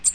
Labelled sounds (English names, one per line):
American Redstart flight call